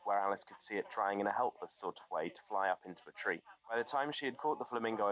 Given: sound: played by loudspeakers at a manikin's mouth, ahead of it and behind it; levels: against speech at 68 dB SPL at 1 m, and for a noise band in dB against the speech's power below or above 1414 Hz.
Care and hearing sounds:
test signals for a remote microphone
0.00-5.12 s: man speaking, babble ahead at +6 dB SNR for speech at 1 m
From the record:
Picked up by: remote microphone B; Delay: 24 ms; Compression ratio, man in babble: 1.70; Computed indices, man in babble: HASPI 0.999, HASQI 0.276 (non-linear 0.326, linear 0.847), ESTOI 0.728

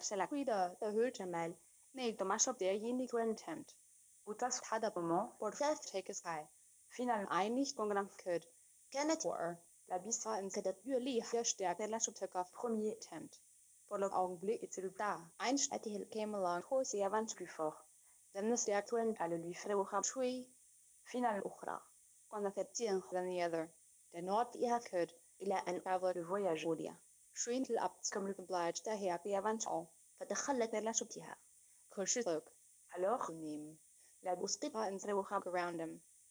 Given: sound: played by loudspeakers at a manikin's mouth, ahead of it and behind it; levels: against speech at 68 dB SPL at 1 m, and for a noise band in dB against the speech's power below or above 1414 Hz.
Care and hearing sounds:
test signals for a remote microphone
0.00-36.30 s: speech test signal (ISTS)
From the record:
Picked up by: remote microphone D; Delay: 24 ms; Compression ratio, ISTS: 1.24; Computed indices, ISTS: SII 0.997, HASPI 0.990, HASQI 0.385 (non-linear 0.446, linear 0.863), ESTOI 0.888

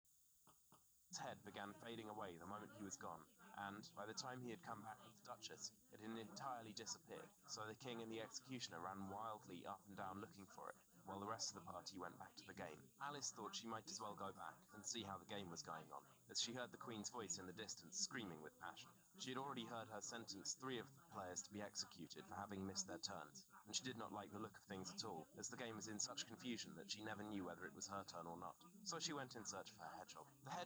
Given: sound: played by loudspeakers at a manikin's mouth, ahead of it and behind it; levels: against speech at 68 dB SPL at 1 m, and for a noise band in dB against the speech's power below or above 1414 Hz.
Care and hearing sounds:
test signals for a remote microphone
0.50 s: click
0.75 s: click
1.12-30.66 s: man speaking, babble ahead at +6 dB SNR for speech at 1 m
From the record:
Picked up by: remote receiver E, fed by microphone B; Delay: 43 ms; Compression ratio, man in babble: 2.17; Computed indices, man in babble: HASPI 1.000, HASQI 0.272 (non-linear 0.310, linear 0.875), ESTOI 0.631

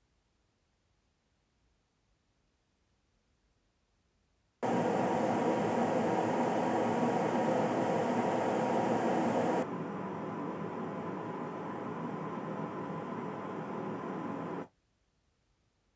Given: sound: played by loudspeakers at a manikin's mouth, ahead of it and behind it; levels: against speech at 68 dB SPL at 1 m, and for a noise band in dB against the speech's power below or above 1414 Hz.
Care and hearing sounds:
test signals for a remote microphone
4.62-9.62 s: speech-spectrum noise from ahead, +10 dB
9.62-14.62 s: speech-spectrum noise from behind, +10 dB
From the record:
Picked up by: measurement microphone

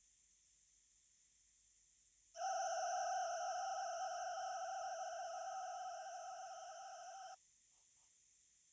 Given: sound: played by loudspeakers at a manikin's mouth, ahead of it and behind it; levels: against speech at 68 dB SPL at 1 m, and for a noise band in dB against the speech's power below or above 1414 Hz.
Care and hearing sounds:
test signals for a remote microphone
2.34-7.34 s: four noise bands (707, 1414, 2828 and 5656 Hz), 50 dB SPL
From the record:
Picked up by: remote microphone B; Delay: 24 ms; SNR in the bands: 34 dB at 707 Hz, 26 dB at 1414 Hz, 20 dB at 2828 Hz, 21 dB at 5656 Hz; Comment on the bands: gain adaptation more progressive through entire signal

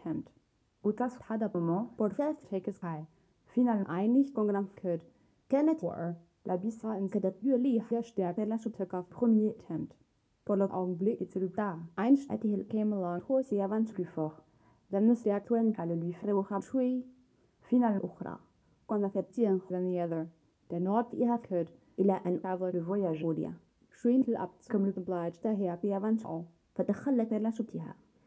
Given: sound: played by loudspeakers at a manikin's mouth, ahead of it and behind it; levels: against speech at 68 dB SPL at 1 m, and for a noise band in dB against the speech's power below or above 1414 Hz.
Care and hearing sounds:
test signals for a remote microphone
0.00-28.26 s: speech test signal (ISTS)
From the record:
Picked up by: measurement microphone

